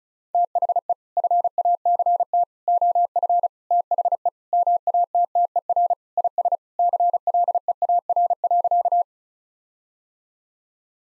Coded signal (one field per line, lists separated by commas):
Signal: Morse code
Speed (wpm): 36 wpm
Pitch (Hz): 700 Hz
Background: none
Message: THE FACT OF THE MATTER IS CLEAR.